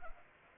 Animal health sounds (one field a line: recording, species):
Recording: mosquito wingbeat signal from an infrared sensor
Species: Anopheles arabiensis